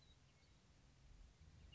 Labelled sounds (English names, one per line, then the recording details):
Western Meadowlark
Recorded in Sonoma County, California